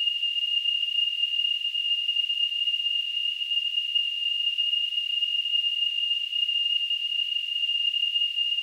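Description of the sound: Simulated tinnitus sound.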